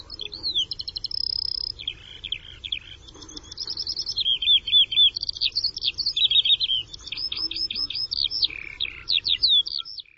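Bird song: high, varied phrases of fast trills, slurred whistles and repeated chirps that change every second or so, over a faint low rumble.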